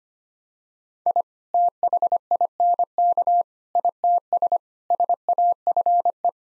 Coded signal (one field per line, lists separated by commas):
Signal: Morse code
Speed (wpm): 25 wpm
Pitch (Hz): 700 Hz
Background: none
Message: I THINK ITS SAFE